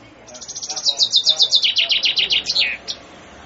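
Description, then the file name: Common chaffinch song: one complete phrase of rapid repeated notes dropping in pitch, finishing with a quick downward flourish. "fringuello"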